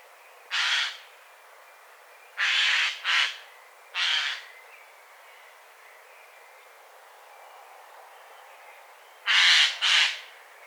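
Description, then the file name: Eurasian jay uttering loud, hoarse screeching calls, singly and in quick pairs, spaced by pauses of varying length, with faint background hiss. "Garrulus glandarius"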